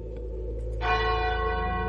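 A large bell rings with a deep, humming tone, then a fresh strike brings a bright wash of shimmering overtones that sustain and ring out steadily, with no voices present.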